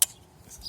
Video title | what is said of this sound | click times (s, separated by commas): filling pool for summer, copper ionizer to stop pool going green, salt water chlorinator, frogs .. | this is um click | 0.0 s